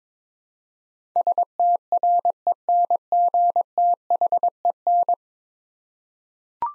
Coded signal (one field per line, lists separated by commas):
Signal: Morse code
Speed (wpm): 22 wpm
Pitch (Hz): 700 Hz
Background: none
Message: STRENGTHEN